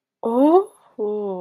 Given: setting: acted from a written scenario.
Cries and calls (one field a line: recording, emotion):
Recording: vocal sound without words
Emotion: romantic love